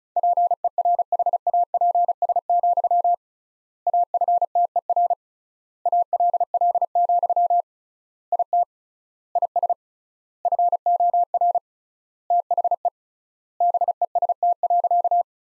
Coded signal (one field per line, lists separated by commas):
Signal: Morse code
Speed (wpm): 36 wpm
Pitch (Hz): 700 Hz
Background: none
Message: PERHAPS, AFTER ALL, IT IS FOR THE BEST.